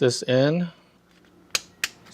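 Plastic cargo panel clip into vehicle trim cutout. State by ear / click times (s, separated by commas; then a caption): seated / 1.5 s. Someone talks at the start, then a plastic panel in a vehicle's rear cargo area is pressed into its trim cutout. The first retaining clip snaps in with a sharp click at 1.6 s, and a second similar click follows at 1.8 s, leaving the clip seated.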